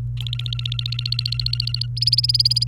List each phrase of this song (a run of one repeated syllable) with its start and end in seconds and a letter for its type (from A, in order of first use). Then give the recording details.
0.17-1.87 A, 1.97-2.67 B. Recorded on 29 April 2018 at 14:20. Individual llb3